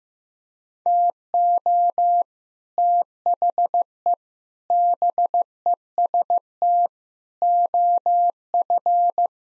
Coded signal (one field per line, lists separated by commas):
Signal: Morse code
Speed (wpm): 15 wpm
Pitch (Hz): 700 Hz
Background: none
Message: TO THE BEST OF